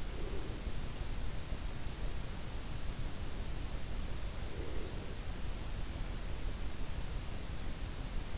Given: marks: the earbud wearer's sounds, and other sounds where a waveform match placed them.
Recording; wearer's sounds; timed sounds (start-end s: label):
sounds in sleep by an in-ear microphone; breath
0.00-0.87 s: breath
4.53-5.14 s: breath